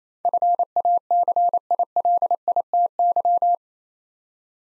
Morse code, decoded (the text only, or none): FACILITY